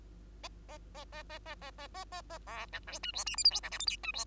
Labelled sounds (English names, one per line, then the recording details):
Bengalese Finch song
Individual Bird2